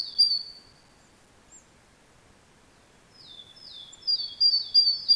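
Great tit calls: one high sharp note, a long silence, then a series of clear downward-sliding whistles repeated in quick succession.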